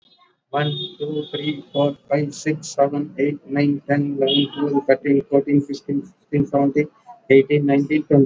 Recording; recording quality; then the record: counting at a normal pace; excellent, no background noise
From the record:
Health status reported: exposed to COVID-19, no respiratory illness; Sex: male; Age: 63 years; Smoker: no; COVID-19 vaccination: both doses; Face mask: worn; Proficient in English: yes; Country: India